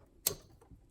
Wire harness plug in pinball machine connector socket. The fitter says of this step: it pops right out you